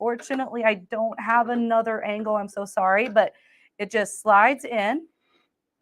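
Someone talks while a metal knee lifter bar is being slid into its socket at the front of a sewing machine. The clip ends before the bar goes home, so nothing has seated or clicked yet.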